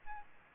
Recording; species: mosquito wingbeat signal from an infrared sensor; Aedes albopictus